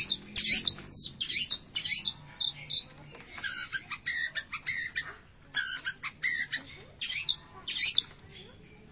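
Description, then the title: Long-tailed shrike song of harsh squawks, rapid chatters and sharp repeated notes in uneven bursts, with short pauses between phrases. "Cendet Pentet"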